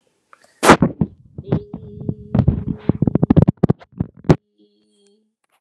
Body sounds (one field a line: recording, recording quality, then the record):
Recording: sustained vowel as in beet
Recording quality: poor, much background noise or distortion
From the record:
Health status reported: healthy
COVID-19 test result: negative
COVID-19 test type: RT-PCR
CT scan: not taken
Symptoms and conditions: cough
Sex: female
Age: 47 years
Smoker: no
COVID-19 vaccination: both doses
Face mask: not worn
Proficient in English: yes